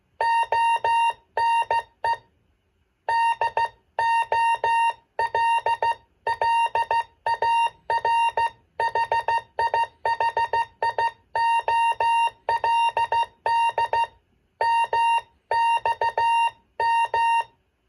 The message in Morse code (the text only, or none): ONE DOLLAR HI HI OLD MXM